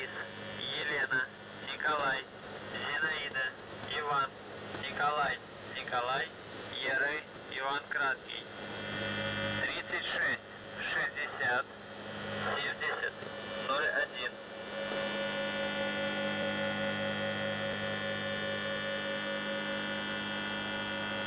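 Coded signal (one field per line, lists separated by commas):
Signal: channel marker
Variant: UVB-76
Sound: a male voice reads a message, then a steady harmonic-rich droning buzz continues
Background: radio static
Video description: "The Buzzer" is a Russian military radiostation that broadcasts on 4625 kHz.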